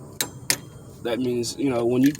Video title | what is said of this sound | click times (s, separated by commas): part 2 changing a inter tie rod on a 2012 dodge charger | so when y'all hear that click | 0.5 s